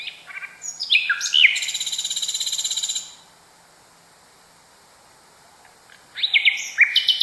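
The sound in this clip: Nightingale song with quick whistles and twangy notes, then a long dry buzzing trill, a pause, and a fresh phrase of sharp whistled notes.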